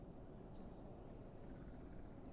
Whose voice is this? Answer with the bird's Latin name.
Cyanistes caeruleus